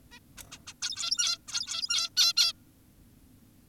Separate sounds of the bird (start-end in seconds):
0.12-0.19, 0.38-0.43, 0.52-0.59, 0.67-0.74, 0.82-1.38, 1.48-2.10, 2.17-2.33, 2.37-2.53